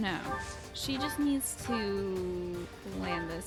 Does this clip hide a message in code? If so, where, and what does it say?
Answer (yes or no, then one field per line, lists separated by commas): no